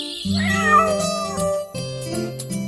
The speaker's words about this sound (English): Look at the naughty kitten!